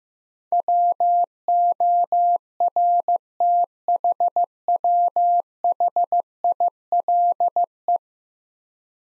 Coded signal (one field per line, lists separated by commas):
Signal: Morse code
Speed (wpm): 15 wpm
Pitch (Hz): 700 Hz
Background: none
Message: WORTHWHILE